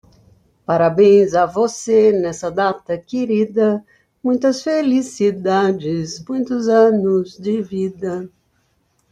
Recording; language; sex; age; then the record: short text; Brazilian Portuguese; female; 70 to 79 years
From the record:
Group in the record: control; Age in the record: 71 years